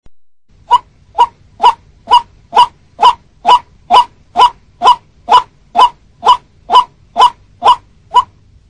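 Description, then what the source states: White-breasted waterhen calling, a harsh clipped note repeated steadily about twice a second, roughly seventeen even calls in a row over a quiet background. Guangdong, China.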